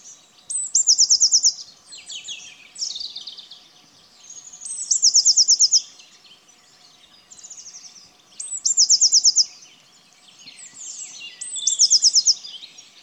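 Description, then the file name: Eurasian blue tit song: high thin introductory notes leading into a fast silvery trill, repeated four times roughly every four seconds, with faint high twittering between. "Cyanistes caeruleus"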